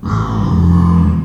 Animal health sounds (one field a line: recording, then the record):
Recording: squeal of a Yucatan mini pig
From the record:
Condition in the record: after surgery on the right vocal fold (resection and tissue-engineered implant)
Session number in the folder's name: 15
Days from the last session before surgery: 175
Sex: female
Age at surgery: 19 weeks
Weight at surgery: 25 kg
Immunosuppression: prednisolone